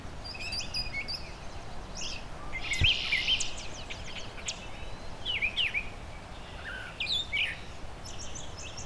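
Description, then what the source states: Brown Thrasher song, a varied string of short whistled and chirpy phrases separated by brief gaps, over a steady background rumble. Mimicry song at Long Point Provincial Park in spring, in shrubby parkland meadow with tall trees; holds mimicked phrases longer than a mockingbird, slower tempo, gaps between bouts.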